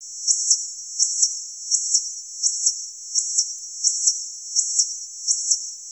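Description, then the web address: Insect call: a steady, very high buzzing tone with paired louder chirps repeating about every 0.7 seconds in an even rhythm throughout. "Soundscan vol 14-Special FX Twisted. INSECT"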